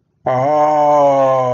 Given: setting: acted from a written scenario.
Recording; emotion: vocal sound without words; awe